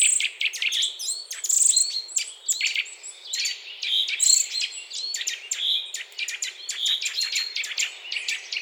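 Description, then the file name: Eurasian nuthatch calls, clear whistled notes in quick series, mixed with many sharp high ticks. "Sitta europaea"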